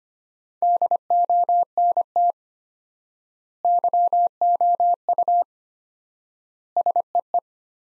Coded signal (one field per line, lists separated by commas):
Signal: Morse code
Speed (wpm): 25 wpm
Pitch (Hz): 700 Hz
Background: none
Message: DONT YOU SEE